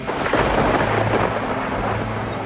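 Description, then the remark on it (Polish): Thunder rumbles through a violent storm, a loud, dense roar with deep low-end rolls and a broad hiss of heavy rain filling the whole stretch without pause. “Burza wyjątkowo gwałtowna szalała do wieczora.”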